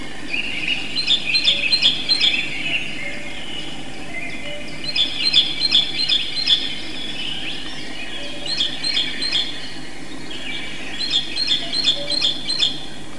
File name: sinica bolshaja